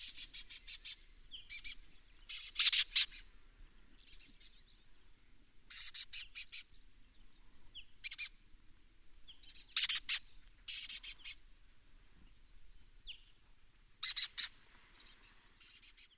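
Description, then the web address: Lesser kestrel rasping calls in irregular clusters, loud harsh bursts alternating with quieter chattering and a few short squeaky notes. "Lesser kestrel. صدای-پرنده-دلیجه-کوچک"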